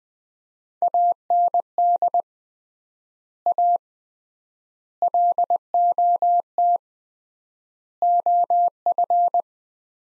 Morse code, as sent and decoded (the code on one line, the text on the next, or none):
.- -. -.. / .- / .-.. --- - / --- ..-.
AND A LOT OF